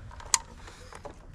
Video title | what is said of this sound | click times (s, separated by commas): E12 COROLLA. 100 amp fuse replacement. | satisfying click | 0.3 s